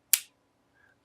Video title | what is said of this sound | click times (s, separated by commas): Introducing the GPM brand | and it snaps back in. | 0.1 s